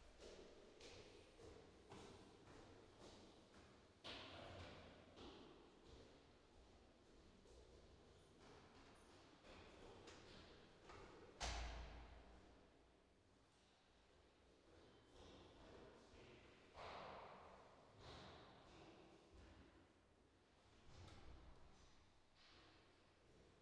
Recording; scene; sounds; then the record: everyday scene through a hearing-aid microphone; reverberant space; background noise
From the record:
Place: staircase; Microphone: in the ear canal, left